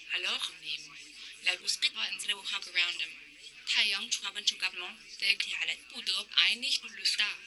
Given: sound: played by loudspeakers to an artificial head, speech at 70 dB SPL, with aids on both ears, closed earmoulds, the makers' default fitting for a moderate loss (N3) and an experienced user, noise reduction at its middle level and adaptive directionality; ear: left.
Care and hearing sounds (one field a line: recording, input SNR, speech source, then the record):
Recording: speech test signal (ISTS) in cocktail-party noise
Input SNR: +9 dB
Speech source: in front (0 degrees)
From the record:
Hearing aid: class 2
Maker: H